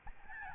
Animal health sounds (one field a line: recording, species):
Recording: mosquito wingbeat signal from an infrared sensor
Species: Aedes albopictus